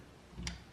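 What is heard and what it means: A small removable damping-adjuster knob is pushed into the top of a coilover shock from an MK7 Golf R suspension upgrade. It gives a single short, sharp tick at 0.5 s against a quiet low background hum. The knob seats in place.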